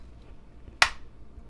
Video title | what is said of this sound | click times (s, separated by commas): FABRICLIP - Testing out the FABRICLIP on different fabrics | and it snaps see did you hear that like it feels like it's going to break but | 0.8 s